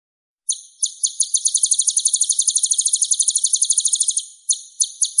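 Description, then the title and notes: White-rumped shama song: a fast, even series of sharp, high chipping notes rolled into a long trill, ending in a few separate spaced notes. Master song for training caged birds. "Masteran Murai Batu"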